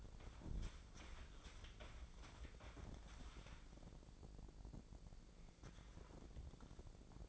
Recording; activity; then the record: daily activity, microphone in the room; wipe stove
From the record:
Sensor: 5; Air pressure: 1012.4 hPa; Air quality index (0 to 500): 156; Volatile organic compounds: 2 ppm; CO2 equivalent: 1060 ppm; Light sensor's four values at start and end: 174/415/178/206 and 173/412/177/203